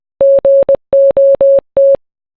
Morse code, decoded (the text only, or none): GOT